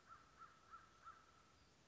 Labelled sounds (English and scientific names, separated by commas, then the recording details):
American Crow (Corvus brachyrhynchos)
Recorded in Sonoma County, California